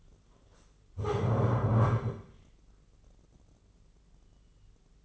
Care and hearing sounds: daily activity, microphone in the room; stand up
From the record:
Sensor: 4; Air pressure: 996.8 hPa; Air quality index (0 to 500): 240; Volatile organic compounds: 336 ppm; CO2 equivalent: 4556 ppm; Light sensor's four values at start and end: 44/109/45/44 and 44/108/44/44

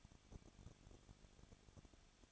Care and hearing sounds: daily activity, microphone in the room; no activity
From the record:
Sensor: 4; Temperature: 23.1 degrees Celsius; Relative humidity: 34.3%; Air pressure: 1007.2 hPa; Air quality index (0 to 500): 216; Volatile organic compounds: 15 ppm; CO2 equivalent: 2499 ppm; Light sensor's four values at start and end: 2/3/1/1 and 2/3/1/1

